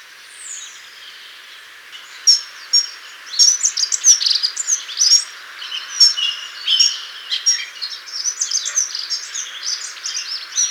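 Dunnock singing a long run of fast, thin, tinkling warbled notes. The phrases come close together, and a single high sliding note is heard near the start.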